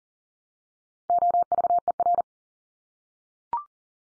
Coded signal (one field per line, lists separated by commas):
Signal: Morse code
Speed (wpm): 37 wpm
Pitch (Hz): 700 Hz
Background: none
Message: OVER